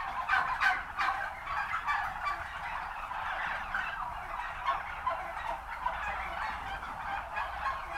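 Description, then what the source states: Turkey flock gobbling continuously, a rough overlapping chorus with stronger calls near the start. Recorded at a turkey farm.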